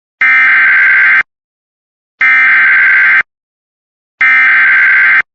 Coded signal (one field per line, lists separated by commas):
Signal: Emergency Alert System (SAME) tones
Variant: header bursts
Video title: A Not So Bad Start To The Severe Weather Season! EAS Alerts from 3/7/2026 (EAS 139-158)